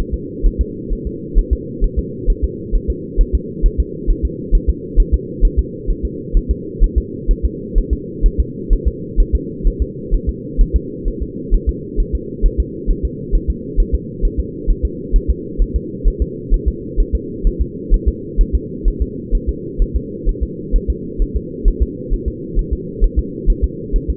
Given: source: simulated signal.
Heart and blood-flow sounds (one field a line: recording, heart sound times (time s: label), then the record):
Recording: fetal heart sounds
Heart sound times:
0.14 s: S2
0.46 s: S1
0.61 s: S2
0.93 s: S1
1.07 s: S2
1.39 s: S1
1.53 s: S2
1.84 s: S1
1.99 s: S2
2.30 s: S1
2.44 s: S2
2.75 s: S1
2.90 s: S2
3.21 s: S1
3.35 s: S2
3.66 s: S1
3.80 s: S2
4.11 s: S1
4.25 s: S2
4.55 s: S1
4.69 s: S2
5.00 s: S1
5.14 s: S2
5.45 s: S1
5.59 s: S2
5.91 s: S1
6.05 s: S2
6.37 s: S1
6.51 s: S2
6.84 s: S1
6.98 s: S2
7.31 s: S1
7.45 s: S2
7.78 s: S1
7.93 s: S2
8.26 s: S1
8.40 s: S2
8.73 s: S1
8.88 s: S2
9.20 s: S1
9.35 s: S2
9.67 s: S1
9.82 s: S2
10.14 s: S1
10.29 s: S2
10.61 s: S1
10.76 s: S2
11.08 s: S1
11.22 s: S2
11.54 s: S1
11.69 s: S2
12.00 s: S1
12.15 s: S2
12.46 s: S1
12.60 s: S2
12.91 s: S1
13.05 s: S2
13.35 s: S1
13.50 s: S2
13.80 s: S1
13.95 s: S2
14.25 s: S1
14.40 s: S2
14.70 s: S1
14.85 s: S2
15.16 s: S1
15.30 s: S2
15.62 s: S1
15.76 s: S2
16.08 s: S1
16.22 s: S2
16.54 s: S1
16.68 s: S2
17.00 s: S1
17.15 s: S2
17.47 s: S1
17.61 s: S2
17.94 s: S1
18.08 s: S2
18.41 s: S1
18.55 s: S2
18.88 s: S1
19.02 s: S2
19.35 s: S1
19.49 s: S2
19.82 s: S1
19.96 s: S2
20.29 s: S1
20.43 s: S2
20.76 s: S1
20.90 s: S2
21.22 s: S1
21.36 s: S2
21.68 s: S1
21.82 s: S2
22.14 s: S1
22.28 s: S2
22.59 s: S1
22.73 s: S2
23.04 s: S1
23.19 s: S2
23.50 s: S1
23.64 s: S2
23.96 s: S1
24.10 s: S2
From the record:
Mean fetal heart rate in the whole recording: 130 bpm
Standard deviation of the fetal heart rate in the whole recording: 2 bpm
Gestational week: 38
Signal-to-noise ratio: -4.1 dB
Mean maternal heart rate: no maternal heart sound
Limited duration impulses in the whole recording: absent